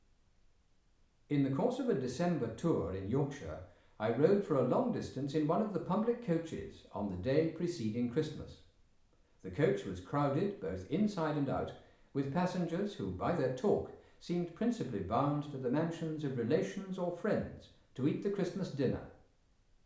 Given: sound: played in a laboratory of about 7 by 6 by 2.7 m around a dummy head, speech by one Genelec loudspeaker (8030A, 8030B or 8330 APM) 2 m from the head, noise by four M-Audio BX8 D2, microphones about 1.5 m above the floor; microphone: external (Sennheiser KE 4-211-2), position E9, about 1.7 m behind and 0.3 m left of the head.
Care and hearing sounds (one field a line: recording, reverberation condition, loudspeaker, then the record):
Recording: male speech in English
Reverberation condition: medium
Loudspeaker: 150 degrees to the right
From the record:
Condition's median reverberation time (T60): about 510 ms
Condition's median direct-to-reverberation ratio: about -0.5 dB